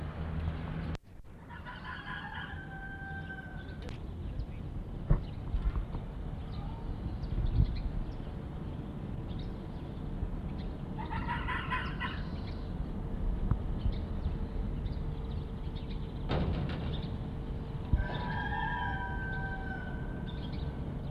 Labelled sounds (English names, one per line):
Corsac Fox barking